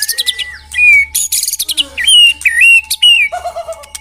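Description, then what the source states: White-rumped shama song: a varied run of clear whistles, slurred rising and falling notes and sharp chips, with a steady faint tone in the background. Lure (pikat) song of white-rumped shama.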